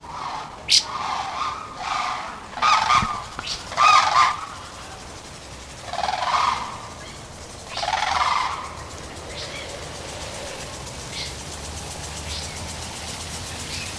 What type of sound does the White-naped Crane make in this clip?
call